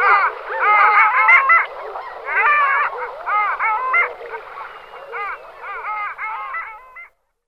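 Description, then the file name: Long-tailed ducks calling together, many overlapping nasal, yodelling notes rising and falling in quick phrases, a continuous chorus that stops just before the end. "Moryanka"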